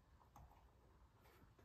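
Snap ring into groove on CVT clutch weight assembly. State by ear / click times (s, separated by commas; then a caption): seated / 0.4 s. A steel snap ring is worked into its groove on the CVT clutch weight assembly of a Kawasaki Ridge clutch kit by pushing around the groove with the tip of snap ring pliers. A sharp metallic snap at 0.4 s stands out against low background noise as the ring seats fully into the groove, which matters because a ring not in place can seriously damage the CVT system.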